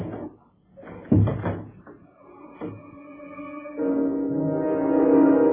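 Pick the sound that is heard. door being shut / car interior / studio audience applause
door being shut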